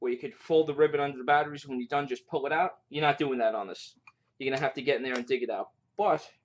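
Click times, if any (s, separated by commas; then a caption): none. A man talks while handling the magnetic battery cover of a Vaporesso Tarot 200W TC box mod, a vape mod. Only speech is heard, with brief pauses. Nothing has seated or clicked yet, as the clip ends just before the cover snaps into place.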